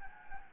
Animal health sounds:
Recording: mosquito wingbeat signal from an infrared sensor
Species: Anopheles gambiae

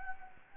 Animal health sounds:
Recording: mosquito wingbeat signal from an infrared sensor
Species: Anopheles gambiae

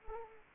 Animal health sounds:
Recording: mosquito wingbeat signal from an infrared sensor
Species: Anopheles arabiensis

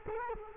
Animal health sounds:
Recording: mosquito wingbeat signal from an infrared sensor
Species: Culex quinquefasciatus

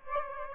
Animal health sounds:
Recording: mosquito wingbeat signal from an infrared sensor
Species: Aedes aegypti

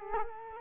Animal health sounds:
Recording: mosquito wingbeat signal from an infrared sensor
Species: Culex quinquefasciatus

